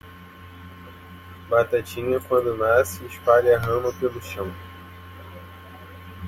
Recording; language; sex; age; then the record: short text; Brazilian Portuguese; male; 20 to 29 years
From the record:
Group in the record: control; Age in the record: 24 years